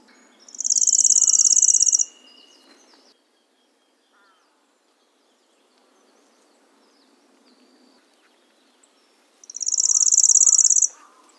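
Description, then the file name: Lanceolated warbler song: a high, dry, insect-like reeling trill in two bursts of about one and a half seconds each, separated by a long quiet gap. "Golosa ptic - Pyatnistyj sverchok Locustella lanceolata"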